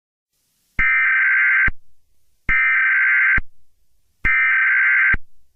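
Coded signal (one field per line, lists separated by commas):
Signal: Emergency Alert System (SAME) tones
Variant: header bursts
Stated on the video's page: Fictional EAS scenario depicting an EF5 tornado in Youngstown.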